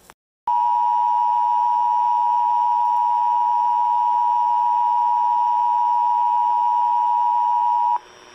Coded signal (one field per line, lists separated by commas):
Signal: Emergency Alert System (SAME) tones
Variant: 853 and 960 Hz attention tone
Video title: EAS 3900!!!!!!!!!!!!! (EAS Alerts from 7/17/22)